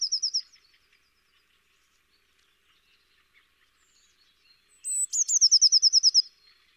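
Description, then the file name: Eurasian blue tit: a short, high rapid trill at the start, then after a quiet gap a thin high note leading into a fast, even trill of about a dozen notes. "Cyanistes caeruleus"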